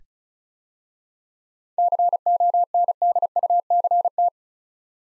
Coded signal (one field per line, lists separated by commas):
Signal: Morse code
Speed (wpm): 34 wpm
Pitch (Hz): 700 Hz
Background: none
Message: CONDUCT